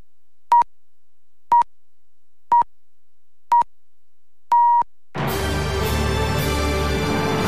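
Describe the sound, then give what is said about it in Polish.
Hourly time signal on Polish Radio Program Three (Trójka) marking 10 o'clock on Saturday, 2 August 2014: four short, evenly spaced pips one second apart, then a longer final pip, all at the same steady mid-high pitch. A full, dense wash of sound follows immediately. “Wybiła 10.”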